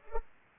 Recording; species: mosquito wingbeat signal from an infrared sensor; Culex pipiens